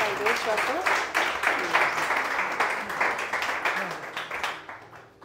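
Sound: audience applause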